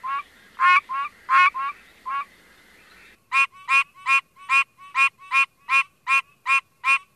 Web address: Frog Calls Hyla andersonii - Pine Barrens Treefrog